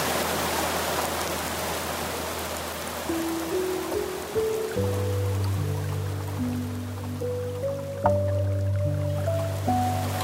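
Soft piano notes step slowly upward from about three seconds in, sustained low tones holding beneath them, with a fresh chord near eight seconds. A steady hiss of flowing stream water fills the whole clip, brightest at the start and easing slightly later.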